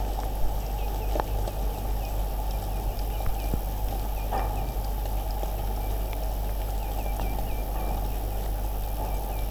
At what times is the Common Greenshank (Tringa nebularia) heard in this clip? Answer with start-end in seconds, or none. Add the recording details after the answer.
0.76-1.09, 1.48-2.10, 2.49-3.50, 4.15-4.74, 6.80-7.96, 8.63-9.45. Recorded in France